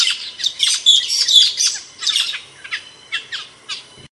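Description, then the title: Bird song opening with a fast, loud string of bright chirps and whistles, then thinning to a few spaced, softer chips before stopping. Training song used for teaching caged songbirds. "Masteran Burung"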